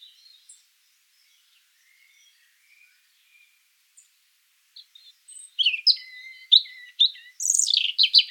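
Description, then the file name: European robin delivering a high, sweet phrase after a quiet start, with sharp descending notes and a fast, very high twittering burst. "Erithacus rubecula"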